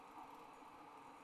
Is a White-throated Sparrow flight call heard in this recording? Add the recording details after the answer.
no. No flight call is heard. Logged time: 21:30 on 29 November 2014